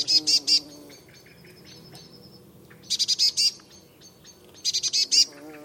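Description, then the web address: Eurasian blue tit giving quick runs of sharp, high, buzzy notes in three bursts, with thin whistles and chirps from other birds in between. "cianscape birddata Deverinetal 2025 Bird Only Cy Ca"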